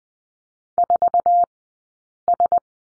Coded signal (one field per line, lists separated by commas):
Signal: Morse code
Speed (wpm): 20 wpm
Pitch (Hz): 700 Hz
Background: none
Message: 4S